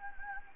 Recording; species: mosquito wingbeat signal from an infrared sensor; Anopheles gambiae